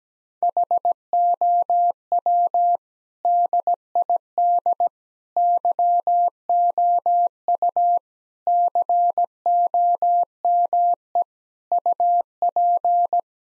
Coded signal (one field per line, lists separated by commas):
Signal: Morse code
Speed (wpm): 17 wpm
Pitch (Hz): 700 Hz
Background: none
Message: HOW DID YOU COME UP